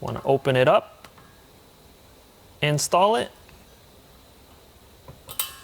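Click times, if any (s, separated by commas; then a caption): 5.4 s. A steel snap ring is opened with snap-ring pliers and installed over the swivel shaft of a Coxreels hand crank hose reel while someone talks. A faint tick comes at 1.0 s and a soft clink at 3.5 s. At 5.4 s the ring snaps into its groove with a sharp metallic click, showing it is seated.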